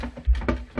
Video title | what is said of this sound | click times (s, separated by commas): Installing the Toto A200 and C200 Bidet / Washlet | so put the toilet seat on just push it on until you hear the clicks | 0.4 s, 0.5 s, 0.8 s